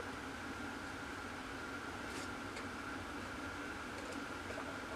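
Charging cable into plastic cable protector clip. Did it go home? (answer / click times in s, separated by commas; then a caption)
no / none. A phone charging cable is pushed into a small plastic hedgehog-shaped iWorld Cable Biters cable protector, which is pressed shut over a steady fan-like hum. A few faint taps come through, but no click is heard. The protector has not clicked closed, even though the cable is inside it.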